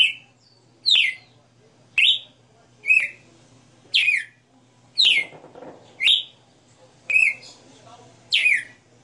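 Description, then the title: Red-cowled cardinal song: nine crisp, descending whistled notes repeated about once a second, with faint rustling between a few of them. Female singing live; the song is described as having 60 notes. "Canto Galo Campina Fêmea. Galo de Campina 60 NOTAS Cantando Ao vivo"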